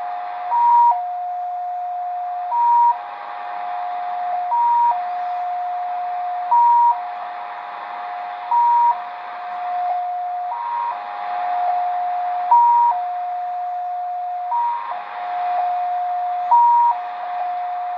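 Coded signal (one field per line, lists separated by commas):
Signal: multi-tone FSK (Olivia or MFSK type)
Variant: XPA2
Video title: Degen DE-1103 - XPA2 Data Mode 13/08/2023 2100 UTC 12159kHz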